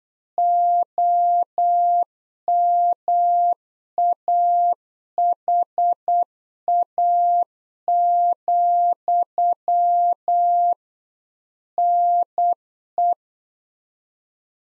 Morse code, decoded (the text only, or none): OMAHA, NE